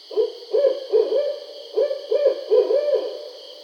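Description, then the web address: Barred owl giving two rhythmic bursts of deep hoots, each ending in a longer slurred note, over a constant high hiss. Recorded 20 July 2012. "Barred Owl 2012 07 20 Barred Owl 01"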